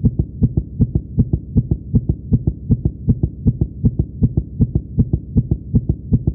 Heart beat very fast.